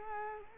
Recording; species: mosquito wingbeat signal from an infrared sensor; Culex quinquefasciatus